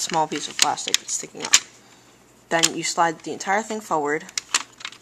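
Someone talks while a plastic slide assembly is lined up over a small plastic post and slid forward into a toy blaster body, with light plastic handling sounds and a few brief taps near the end. The part has not seated or clicked into place yet.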